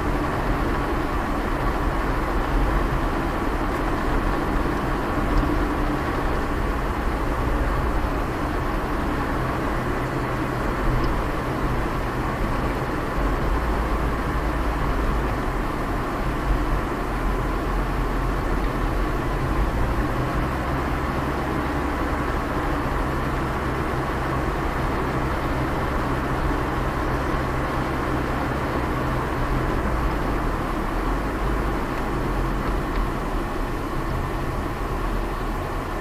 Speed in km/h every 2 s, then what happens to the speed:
49, 49, 51, 48, 48, 49, 49, 45, 44, 42, 43, 46, 48, 48, 48, 46, 37, 29.
0-12 steady at about 49. 12-18 slows to 42. 18-24 speeds up to 48. 24-29 steady at about 48. 29-36 slows to 29.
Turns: none.